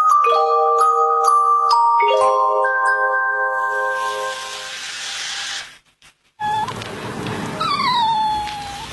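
A sustained electronic chime melody rings out and fades, then after a brief pause a pet dog named Peanut (花生) whimpers in high, wavering whines that rise and fall while being taken out for a walk. No clear barks can be picked out.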